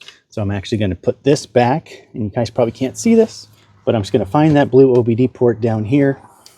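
A blind spot indicator kit's wiring harness plug is being brought to the blue OBD port under the dash of a Tesla Model Y while someone talks. Nothing has seated or clicked into the port yet.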